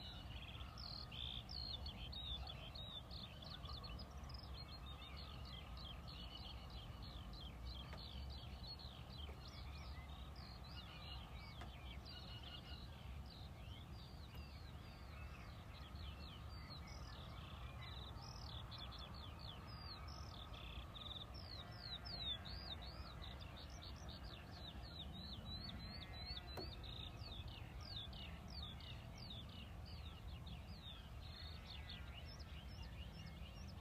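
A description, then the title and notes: A dawn chorus of many birds calling at once, with dense, overlapping chirps and trills running steadily through the whole stretch. The birdsong sits bright and high, layered over a constant low rumble, likely traffic, that never lets up. New Zealand Hobbiton Bilbo Baggins’ Dawn Chorus 2023. Matamata Dawn Chorus.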